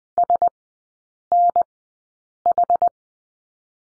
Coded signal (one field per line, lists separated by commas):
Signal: Morse code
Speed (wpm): 20 wpm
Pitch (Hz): 700 Hz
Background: none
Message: SNH